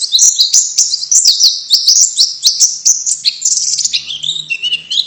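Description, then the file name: White-eye calling in a fast, continuous stream of high, thin chirps and short slurred whistles, with a soft low hum in the background near the end. Female bird; Indonesian name pleci. "suara pleci betina"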